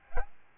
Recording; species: mosquito wingbeat signal from an infrared sensor; Aedes albopictus